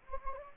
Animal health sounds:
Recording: mosquito wingbeat signal from an infrared sensor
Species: Anopheles gambiae

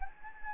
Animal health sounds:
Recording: mosquito wingbeat signal from an infrared sensor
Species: Anopheles gambiae

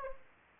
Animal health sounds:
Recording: mosquito wingbeat signal from an infrared sensor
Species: Anopheles arabiensis

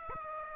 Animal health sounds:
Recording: mosquito wingbeat signal from an infrared sensor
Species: Aedes aegypti

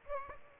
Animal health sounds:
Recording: mosquito wingbeat signal from an infrared sensor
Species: Aedes aegypti

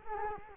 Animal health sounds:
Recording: mosquito wingbeat signal from an infrared sensor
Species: Culex quinquefasciatus

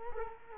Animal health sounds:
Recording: mosquito wingbeat signal from an infrared sensor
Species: Culex quinquefasciatus

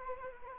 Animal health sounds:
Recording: mosquito wingbeat signal from an infrared sensor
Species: Anopheles arabiensis

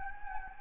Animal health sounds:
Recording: mosquito wingbeat signal from an infrared sensor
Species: Anopheles gambiae

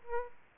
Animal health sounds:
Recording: mosquito wingbeat signal from an infrared sensor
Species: Aedes albopictus

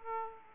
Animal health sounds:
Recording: mosquito wingbeat signal from an infrared sensor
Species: Aedes aegypti

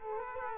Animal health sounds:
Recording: mosquito wingbeat signal from an infrared sensor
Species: Culex quinquefasciatus

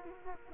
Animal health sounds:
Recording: mosquito wingbeat signal from an infrared sensor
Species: Culex quinquefasciatus

